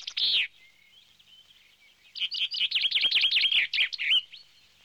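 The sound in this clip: Finch song: a loud buzzy note, a pause, then a fast, jumbled twittering burst of chirps lasting about two seconds.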